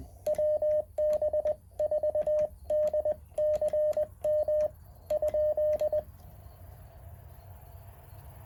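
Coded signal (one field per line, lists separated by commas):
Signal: Morse code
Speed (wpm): 20 wpm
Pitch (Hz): 610 Hz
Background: none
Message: WB4DCM ?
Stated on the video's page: Morse code park activation sent from a Mountain Topper 4B transceiver into an end-fed half-wave antenna.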